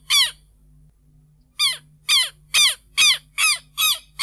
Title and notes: Museo de Ciencias de Bahía Blanca - PdA - Tero. Tero (Vanellus chilensis)